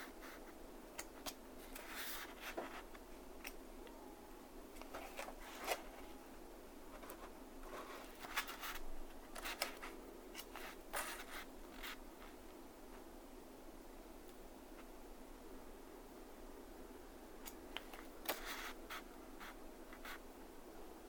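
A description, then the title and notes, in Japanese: Pages of a book are turned at a desk, with short papery rustles and flicks coming in irregular clusters, busiest around two, eight to eleven, and eighteen seconds. Between them a steady low hum and soft hiss fill the background. 机で本をめくる音（Binaural） - sound of turning a book。本をめくったり、とじたりする音。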